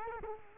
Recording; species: mosquito wingbeat signal from an infrared sensor; Culex quinquefasciatus